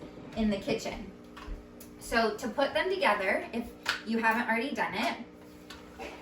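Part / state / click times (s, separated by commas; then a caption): beater into hand mixer socket / seated / 5.7 s. A woman talks while a metal beater is pushed into its socket in the plastic body of a hand mixer. A single short tick is heard at 5.7 s as the beater clicks in and seats.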